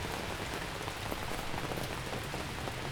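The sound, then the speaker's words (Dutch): Steady rain patters continuously on an umbrella at Van der Helstplein, Amsterdam, Netherlands. It is a dense hiss of countless small drops with faint individual taps scattered through it, holding an even level throughout with no voices. “Maar hier hoor je ook de hele tijd regen.”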